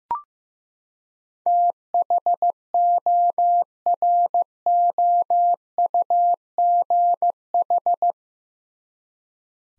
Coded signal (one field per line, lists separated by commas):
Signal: Morse code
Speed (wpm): 15 wpm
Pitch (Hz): 700 Hz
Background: none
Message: THOROUGH